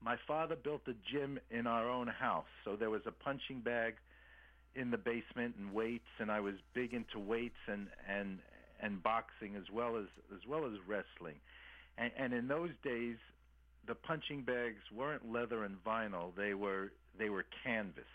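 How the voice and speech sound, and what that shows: Adult man speaking with stuttering that has lasted since childhood. Using a learned fluency-control technique, he speaks mostly fluently in a partial mode, with small stutters still heard: repeated words and phrases and prolonged sounds.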